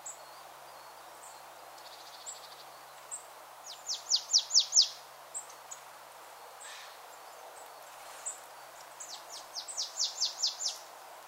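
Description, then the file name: Marsh Tit giving two quick runs of sharp, downslurred high notes, the second series longer, with faint thin peeps scattered between over a soft background hiss. "Poecile palustris"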